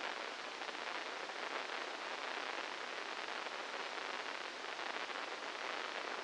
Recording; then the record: brain microelectrode recording played as sound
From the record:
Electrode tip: inside the subthalamic nucleus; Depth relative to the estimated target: -4 mm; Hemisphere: left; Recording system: NeuroSet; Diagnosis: Parkinson's disease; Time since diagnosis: 15 years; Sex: female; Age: 59 years